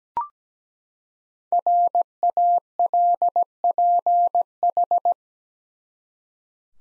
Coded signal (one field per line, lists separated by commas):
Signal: Morse code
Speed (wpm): 17 wpm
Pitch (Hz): 700 Hz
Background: none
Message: RALPH